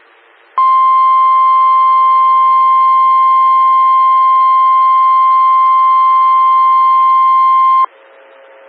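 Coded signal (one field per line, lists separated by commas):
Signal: Emergency Alert System (SAME) tones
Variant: 1050 Hz attention tone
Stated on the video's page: Audio from a 147.255 MHz SKYWARN repeater.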